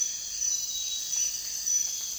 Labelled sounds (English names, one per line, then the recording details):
none
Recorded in dense forest near Puerto Asís, Putumayo, Colombia, on 19 June 2025 at 04:00
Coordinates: 0.466, -76.327
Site GP04